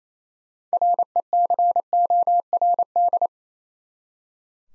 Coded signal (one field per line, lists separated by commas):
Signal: Morse code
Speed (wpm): 36 wpm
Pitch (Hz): 700 Hz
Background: none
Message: RECORD